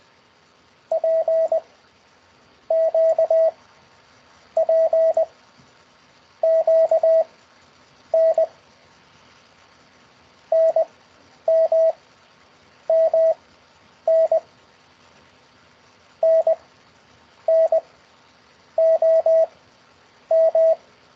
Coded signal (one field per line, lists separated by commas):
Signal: Morse code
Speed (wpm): 20 wpm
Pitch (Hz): 650 Hz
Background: radio noise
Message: P Q P Q N N M M N N N O M